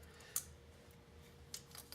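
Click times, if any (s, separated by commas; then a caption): 0.4 s, 1.5 s. A plastic clip connector on a fuel injector wire is pushed onto a fuel injector and snaps right in. Sharp plastic clicks land at 0.4 s and 1.5 s, with a fainter tick near 1.9 s over a low background hum. The connector is seated.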